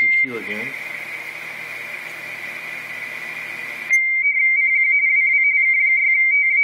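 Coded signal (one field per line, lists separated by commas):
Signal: RTTY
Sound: rapid warbling two-tone chatter around 2 kHz, steady and continuous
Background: radio static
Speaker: 599 in california calling cq again november 4 whiskey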